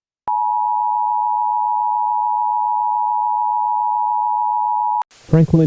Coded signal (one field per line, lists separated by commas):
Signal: Emergency Alert System (SAME) tones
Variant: 853 and 960 Hz attention tone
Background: speech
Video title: eas